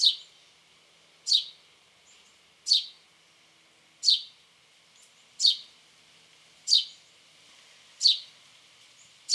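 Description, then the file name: House sparrow giving sharp downward chirps, eight in a row at fairly even intervals just over a second apart, with faint soft notes between. "Passer domesticus"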